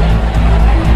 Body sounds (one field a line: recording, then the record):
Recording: background sound without coughing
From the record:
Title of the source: Party Noise 1 Hour Party Ambience